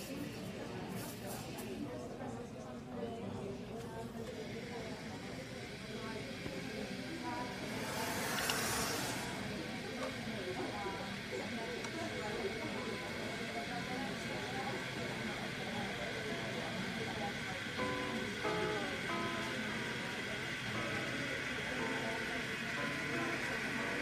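Coffee shop ambience with a steady murmur of overlapping voices throughout. A brief hiss or rush of steam rises around eight to nine seconds, and a few short clinks and tones appear near the end, over a constant low hum.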